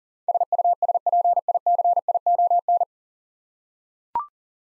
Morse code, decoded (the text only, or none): SUSPICION